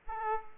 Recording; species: mosquito wingbeat signal from an infrared sensor; Aedes aegypti